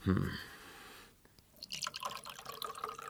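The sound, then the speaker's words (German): Scotch and soda is poured into a glass without ice: after a brief knock and a short pause, liquid splashes and gurgles steadily, with fizzy, bubbly trickling through the last couple of seconds. “Vielleicht einen Scotch. Ja, bitte, Mixer. Mit Soda.”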